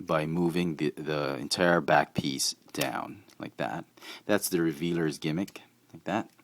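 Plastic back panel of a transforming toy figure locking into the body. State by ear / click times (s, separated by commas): not seated / none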